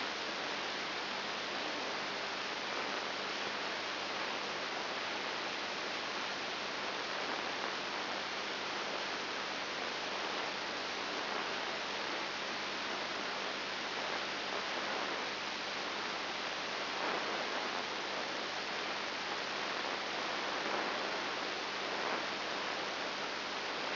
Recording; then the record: brain microelectrode recording played as sound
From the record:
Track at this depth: inside the subthalamic nucleus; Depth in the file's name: 3.702 mm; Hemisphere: left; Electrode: 3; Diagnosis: Parkinson's disease